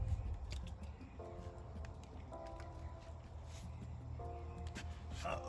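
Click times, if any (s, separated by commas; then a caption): none. A wiring harness connector is pushed back onto the engine coolant temperature sensor of a 2016 Chevy Silverado pickup truck, with only a few faint ticks over a steady low rumble and intermittent tonal hum. No locking click is heard, and nothing has seated or clicked, though a pull on the connector shows it holds.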